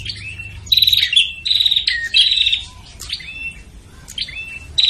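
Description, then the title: Prinia calls: three loud buzzy rattles early, followed by quieter drawn-out downslurred notes and a final rattle. Busy, noisy prinia calling used as a lure to attract prinias, including the red-headed prinia and visiting (tamu) prinias. "Suara Prenjak Ribut Buat Pikat Burung Prenjak Kepala Merah Prenjak Tamu"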